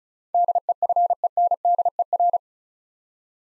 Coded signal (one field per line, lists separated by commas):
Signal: Morse code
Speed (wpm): 36 wpm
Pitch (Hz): 700 Hz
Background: none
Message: DEFENDER